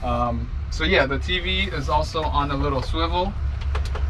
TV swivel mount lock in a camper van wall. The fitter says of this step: and the swivel locks in place so